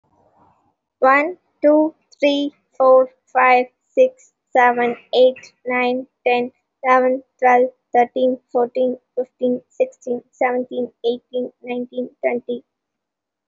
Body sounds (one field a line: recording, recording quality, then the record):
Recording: counting at a normal pace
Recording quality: excellent, no background noise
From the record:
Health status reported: recovered from COVID-19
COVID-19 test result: positive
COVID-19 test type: RT-PCR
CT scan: taken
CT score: 0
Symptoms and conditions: fatigue, muscle pain, another condition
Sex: female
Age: 25 years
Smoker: no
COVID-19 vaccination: both doses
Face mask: worn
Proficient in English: yes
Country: India